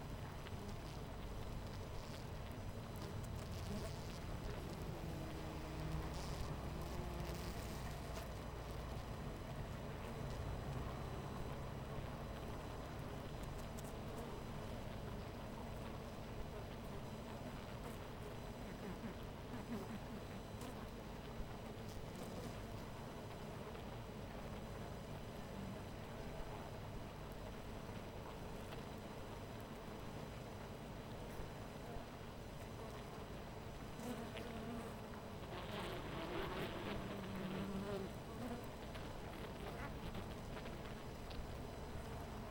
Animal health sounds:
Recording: honeybee colony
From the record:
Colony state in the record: missing queen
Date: 14 July 2017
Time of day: 13:00

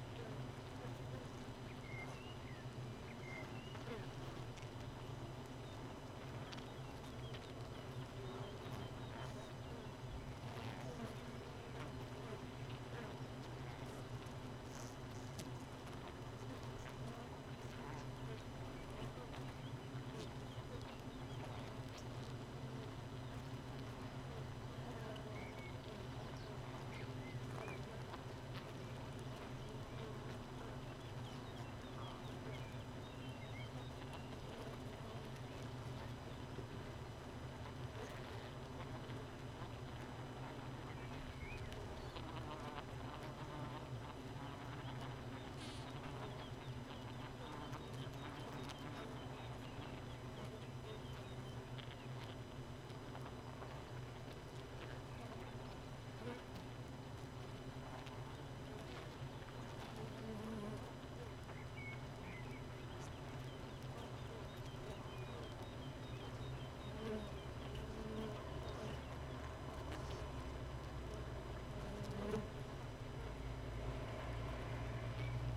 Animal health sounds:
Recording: honeybee colony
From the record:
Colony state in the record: missing queen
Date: 31 May 2018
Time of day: 4:02

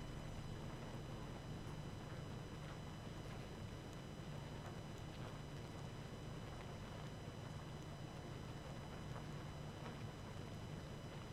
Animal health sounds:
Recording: honeybee colony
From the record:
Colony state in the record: active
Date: 12 June 2018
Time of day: 22:01

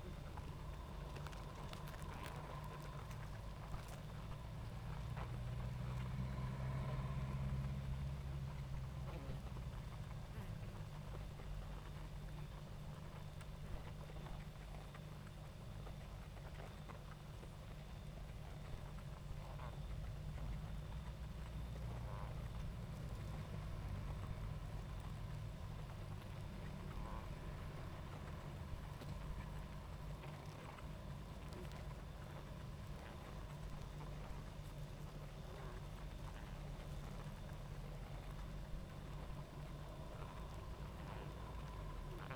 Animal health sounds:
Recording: honeybee colony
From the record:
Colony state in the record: active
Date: 28 July 2017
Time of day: 20:05

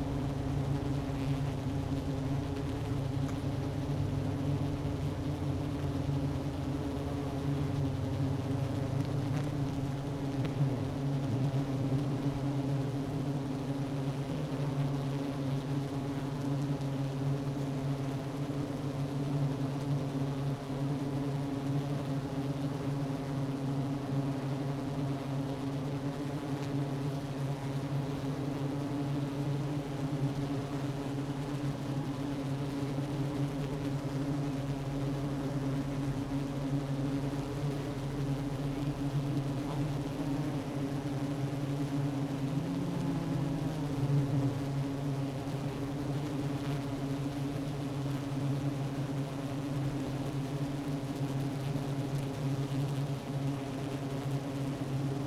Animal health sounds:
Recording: honeybee colony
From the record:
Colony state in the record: active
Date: 12 June 2018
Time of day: 10:55

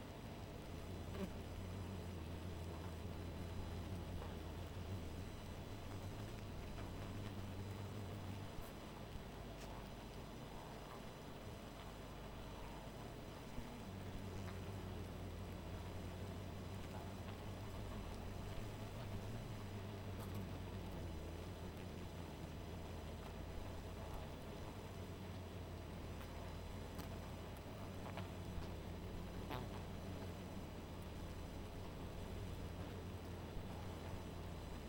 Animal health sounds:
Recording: honeybee colony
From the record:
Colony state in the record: missing queen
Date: 14 July 2017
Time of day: 1:35

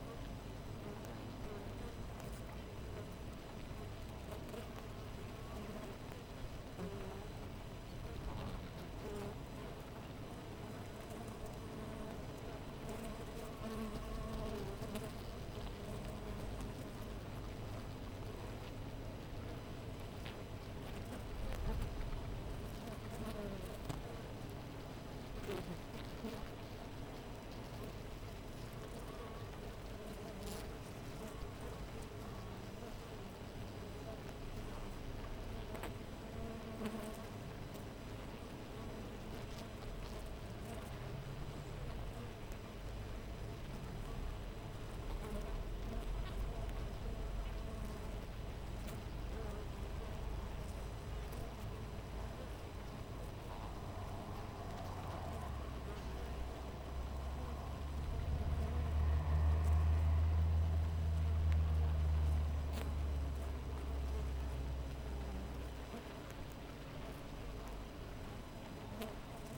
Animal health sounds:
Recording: honeybee colony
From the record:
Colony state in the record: missing queen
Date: 14 July 2017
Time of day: 5:34

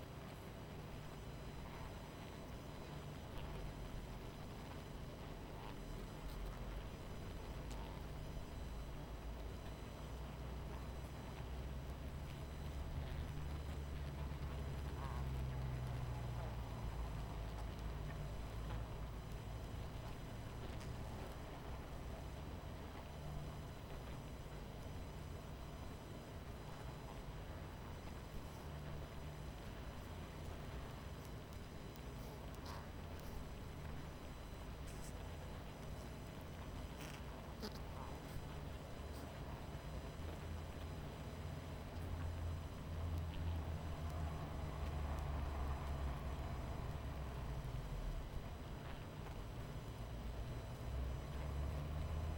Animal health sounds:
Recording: honeybee colony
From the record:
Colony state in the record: missing queen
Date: 14 July 2017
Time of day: 22:07

